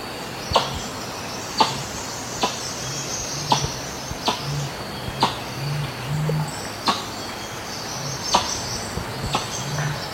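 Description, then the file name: Helmeted curassow low hummed booms repeated throughout, beneath loud clicks and a high insect chorus. "Canto do mutum de elmo"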